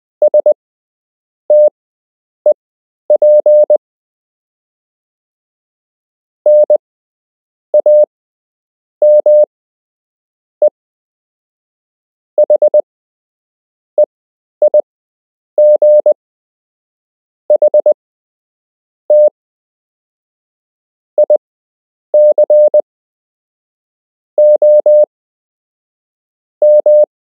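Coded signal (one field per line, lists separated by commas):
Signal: Morse code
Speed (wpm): 20 wpm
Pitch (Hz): 600 Hz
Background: none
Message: STEP NAME HEIGHT ICOM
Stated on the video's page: Beginner Morse code lesson with real Morse code to learn, part of a structured lesson plan.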